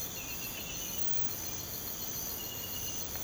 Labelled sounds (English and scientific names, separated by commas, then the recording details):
none
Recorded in pastures near Puerto Asís, Putumayo, Colombia, on 24 March 2025 at 04:30
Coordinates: 0.472, -76.329
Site G074